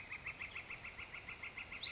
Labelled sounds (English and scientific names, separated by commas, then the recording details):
Northern Flicker (Colaptes auratus)
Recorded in Sonoma County, California